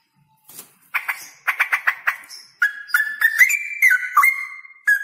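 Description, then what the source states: Straw-headed bulbul singing: a few sharp clipped notes, then a flowing, liquid whistled phrase that rises and falls. Male Cucak Rowo singing actively (gacor) in a loud voice with long rolling trills; the recording is meant as a tutor recording (masteran).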